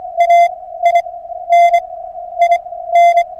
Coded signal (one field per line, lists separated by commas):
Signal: Morse code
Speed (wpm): 26 wpm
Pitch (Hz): 690 Hz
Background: none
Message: A I N I N